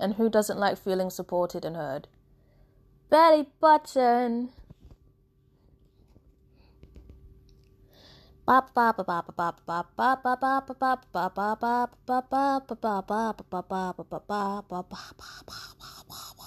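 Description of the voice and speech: Adult woman speaking, interrupted by Tourette syndrome vocal tics: the out-of-context word "belly button" after a pause, then a rapid run of repeated "bop" syllables. Her Tourette's has progressed to include learned words; the tics are unintentional and not under her control.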